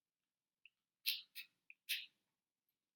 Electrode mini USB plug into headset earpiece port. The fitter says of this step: you hear it snap okay